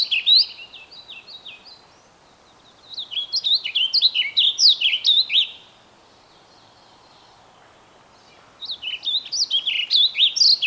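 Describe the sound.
Bird song: three bursts of rapid, high, slurred chirping notes, separated by quiet pauses of a few seconds.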